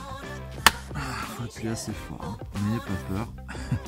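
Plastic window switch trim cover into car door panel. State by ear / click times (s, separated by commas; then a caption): seated / 0.7 s. A repainted plastic window-switch trim cover is pressed hard back into its place in a car door panel while music plays and someone talks. A loud, sharp snap at 0.7 s marks the cover clipping in and seating.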